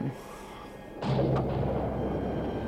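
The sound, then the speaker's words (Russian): During a thunderstorm in the rain at a lonely little house by a river, a sharp crack of thunder bursts in after a second of steady rain, then rolls on as a low, loud rumble that stays heavy to the end. “Этот одинокий домишко у реки, вокруг никого, дождь, гроза.”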